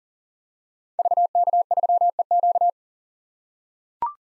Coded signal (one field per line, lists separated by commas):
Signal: Morse code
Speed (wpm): 40 wpm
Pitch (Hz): 700 Hz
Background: none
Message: VK3EQ